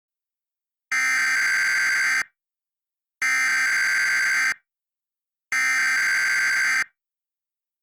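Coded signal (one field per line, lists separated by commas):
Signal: Emergency Alert System (SAME) tones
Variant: header bursts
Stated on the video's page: Valid EAS tones in a fictional scenario about a fire in Asheville.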